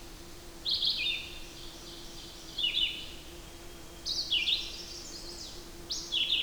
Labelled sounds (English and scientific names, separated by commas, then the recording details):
Red-eyed Vireo (Vireo olivaceus) song
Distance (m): 20 m
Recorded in boreal forest in Alberta, Canada, on 8 June 2016 at 07:57
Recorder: SongMeter 3, array SBT-3-9
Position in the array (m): 10 m, 113 m